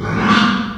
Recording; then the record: squeal of a Yucatan mini pig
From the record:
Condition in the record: after surgery on the right vocal fold (resection and tissue-engineered implant); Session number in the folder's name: 16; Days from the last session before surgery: 183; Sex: female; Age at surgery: 19 weeks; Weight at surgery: 25 kg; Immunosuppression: prednisolone